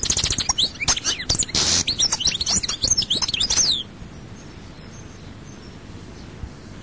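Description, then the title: European goldfinch song, a quick run of high twittering and a harsh buzzy trill, ending abruptly into near silence for the last few seconds. "Chant Chardonneret"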